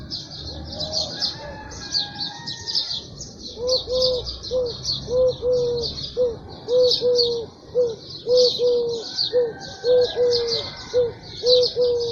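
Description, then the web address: Bird calls: a high, buzzy chirping chorus throughout, joined after a few seconds by low hooting notes repeated about once a second, often in pairs. "cianscape. Deverinetal 2025. Bird Only"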